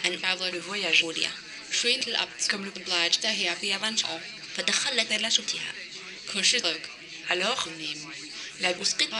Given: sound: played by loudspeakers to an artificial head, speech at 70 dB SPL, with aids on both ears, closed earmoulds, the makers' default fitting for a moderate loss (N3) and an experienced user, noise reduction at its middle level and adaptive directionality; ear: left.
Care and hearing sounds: speech test signal (ISTS) in cocktail-party noise; +9 dB; in front (0 degrees)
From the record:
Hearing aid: class 1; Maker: B

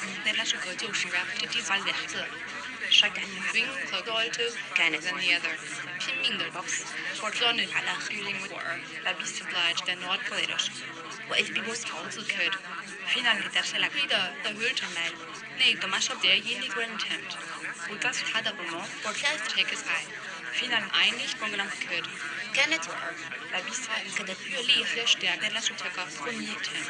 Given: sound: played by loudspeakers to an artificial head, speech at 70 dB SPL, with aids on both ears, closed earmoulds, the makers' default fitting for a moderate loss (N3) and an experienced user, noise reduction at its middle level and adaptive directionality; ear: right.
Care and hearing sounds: speech test signal (ISTS) in cocktail-party noise; -3 dB; on the right (90 degrees)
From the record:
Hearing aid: class 2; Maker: G

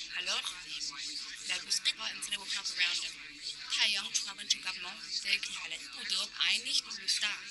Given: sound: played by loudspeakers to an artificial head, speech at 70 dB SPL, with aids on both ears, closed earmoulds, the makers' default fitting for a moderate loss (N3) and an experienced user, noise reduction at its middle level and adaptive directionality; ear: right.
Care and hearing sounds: speech test signal (ISTS) in cocktail-party noise; 0 dB; on the right (90 degrees)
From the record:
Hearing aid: class 2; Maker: H

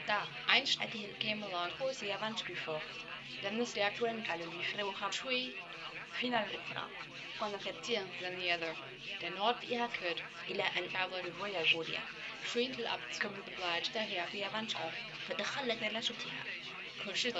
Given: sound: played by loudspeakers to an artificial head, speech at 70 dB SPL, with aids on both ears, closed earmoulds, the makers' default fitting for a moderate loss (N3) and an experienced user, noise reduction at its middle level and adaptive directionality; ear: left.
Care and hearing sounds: speech test signal (ISTS) in cocktail-party noise; +6 dB; in front (0 degrees)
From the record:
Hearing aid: class 1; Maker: F

